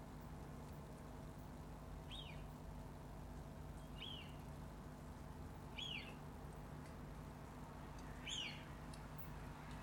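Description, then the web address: Eurasian wigeon, whistled call: four short falling whistles, one roughly every two seconds, over a steady low rumbling background noise. "Eurasian wigeon. صدای-پرنده-گیلار-اوراسیایی"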